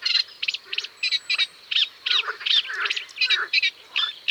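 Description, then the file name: Eurasian reed warbler song: harsh, chattering notes in quick uneven bursts, each phrase repeated a few times before switching, with short gaps throughout. "Rousserolle effarvatte"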